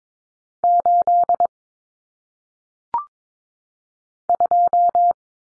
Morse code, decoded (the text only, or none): 8 2